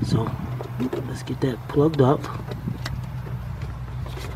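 Someone talks while handling the wiring harness connector, with its green locking tab, at the bank 2 camshaft position sensor on a 2004 Nissan Quest 3.5, over a steady low hum, with a brief sharp sound at about 2.9 s. The connector has not seated or clicked yet.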